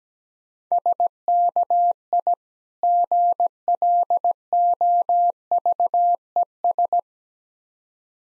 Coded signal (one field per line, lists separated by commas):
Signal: Morse code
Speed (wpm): 17 wpm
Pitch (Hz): 700 Hz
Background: none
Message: SKI GLOVES